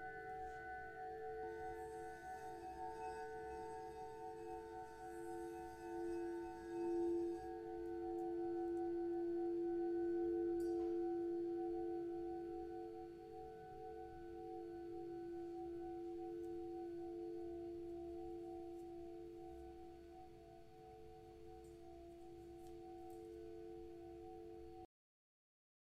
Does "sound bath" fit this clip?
yes